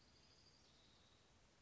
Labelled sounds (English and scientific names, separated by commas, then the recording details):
Orange-crowned Warbler (Leiothlypis celata)
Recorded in Sonoma County, California